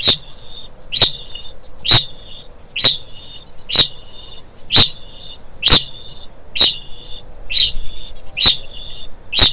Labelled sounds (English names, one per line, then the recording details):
Kākāpō ching call
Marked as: faintness 2/5
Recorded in New Zealand
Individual Stumpy